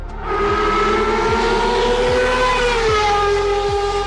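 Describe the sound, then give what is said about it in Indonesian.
An engine revs hard at high speed, holding a loud, steady, high-pitched whine with a low rumble underneath and brief dips recurring about once a second. No one speaks. “Dan bayangkan ya, kalau otak berputar seperti mesin dengan kecepatan tinggi.”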